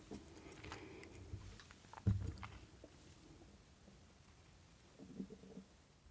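Low, muffled gurgling from an adult's belly comes in irregular bursts: a long rumble at the start, a louder gurgle around two seconds in, and a softer one near the end. These are ordinary bowel sounds, gas and fluid moving through the gut, in a quiet room.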